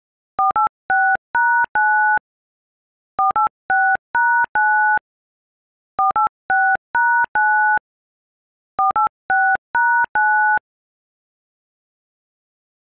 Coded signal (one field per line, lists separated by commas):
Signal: DTMF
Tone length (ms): 280 ms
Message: 486#9 486#9 486#9 486#9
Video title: I am loving it on keypad...test